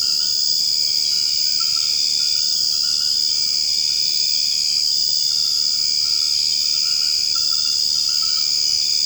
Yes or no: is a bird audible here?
no